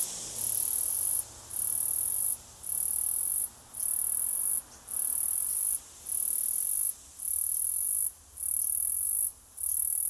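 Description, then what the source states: Cicada buzzing call: a high, shrill buzz in bursts of about one second, each followed by a brief pause, repeated steadily throughout. Australia.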